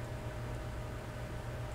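A watchmaker uses tweezers to line up the mainspring component in the movement of a 120-year-old Waltham pocket watch. Only a steady, even noise with a low hum is heard, and no sharp sounds. The part is not yet lined up, and nothing has seated or clicked yet.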